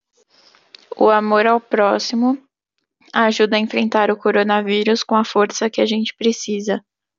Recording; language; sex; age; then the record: spoken sentence; Brazilian Portuguese; female; 20 to 29 years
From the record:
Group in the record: control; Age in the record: 22 years